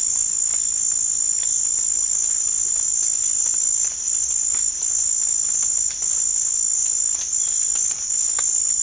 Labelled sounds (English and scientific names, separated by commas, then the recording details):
none
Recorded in pastures near Puerto Asís, Putumayo, Colombia, on 21 March 2025 at 16:00
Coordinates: 0.502, -76.324
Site GP07